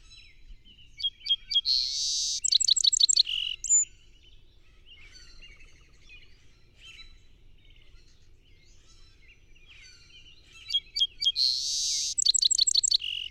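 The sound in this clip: Song sparrow song given twice, about ten seconds apart: crisp opening notes, a buzzy burst, a fast stuttering series and a brief trill, the second song cut short, with faint twittering between.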